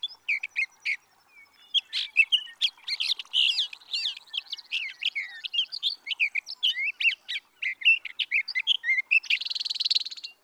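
Sage thrasher singing a rapid, varied warble of chirps and whistles, closing with a dense buzzy trill.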